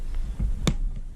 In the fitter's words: boom, hear the thing, when you hit the little pop, you're good to go.